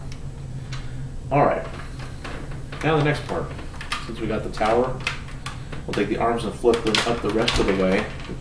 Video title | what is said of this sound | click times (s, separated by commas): Robots In Disguise (RiD) "Brave Maximus" (2001) | and you'll hear it click | 0.1 s, 0.7 s